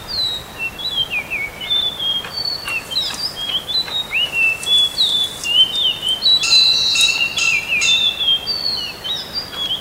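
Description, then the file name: Common hill myna singing a rapid string of varied whistles, slurred up and down, mixed with sharp clicks and brief harsh bursts, nearly continuous throughout. "suarakicauanciungomkicau"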